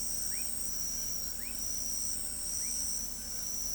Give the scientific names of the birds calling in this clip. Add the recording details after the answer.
none. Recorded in pastures near Pivijay, Magdalena, Colombia, on 5 June 2023 at 22:30. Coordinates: 10.456, -74.369. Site P6-G026